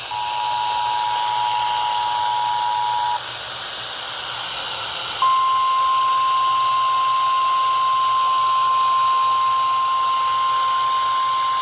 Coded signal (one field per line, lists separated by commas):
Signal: Emergency Alert System (SAME) tones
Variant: 853 and 960 Hz attention tone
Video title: Severe Thunderstorm Warning for Sampson County on WKFV-FM (EAS #1326)